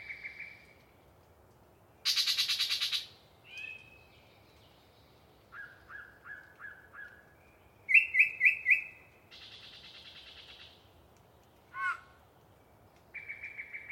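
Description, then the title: Yellow-breasted chat with varied phrases: a whistled note, a harsh buzzy burst, a twangy note, five low repeated notes, a quick quartet, a buzz and a slurred yelp. Very talkative bird singing a long pre-dawn soliloquy in deciduous cover near the microphones. "A Very Chatty Yellow-breasted Chat"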